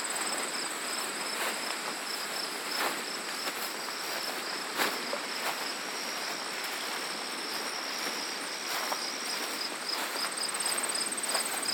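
Footsteps crunch along a farm trail, landing irregularly every second or so as soft, dry scuffs. Behind them, a dense, steady chorus of crickets and insects keeps up a constant high-pitched shimmer with a thin, bright trill on top.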